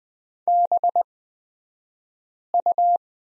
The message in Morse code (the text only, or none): BU